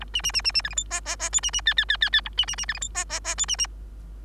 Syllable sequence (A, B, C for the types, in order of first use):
A B B B B B C D E F F F G B B H H H H H A B B B C D E F F F G B B